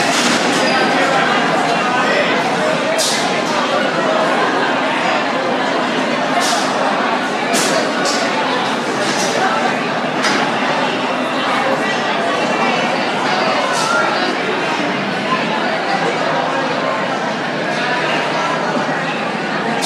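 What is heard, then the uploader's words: Space Mountain queue with a steady, dense wash of crowd chatter and voices, punctuated by brief sharp clicks and clatters every few seconds. Disneyland - Space Mountain.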